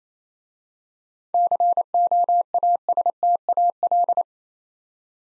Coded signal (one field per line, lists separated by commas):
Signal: Morse code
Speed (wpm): 27 wpm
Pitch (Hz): 700 Hz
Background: none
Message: COASTAL